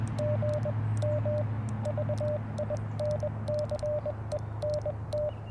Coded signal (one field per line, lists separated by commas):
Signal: Morse code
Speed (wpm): 22 wpm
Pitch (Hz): 590 Hz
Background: radio noise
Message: GM VINCENT